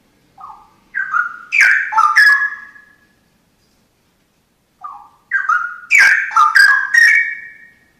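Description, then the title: Oriental magpie-robin song: a soft low whistle, then a loud phrase of rising and falling whistles mixed with sharp clicks, repeated twice with a pause of about two seconds. "Kicau Kacer"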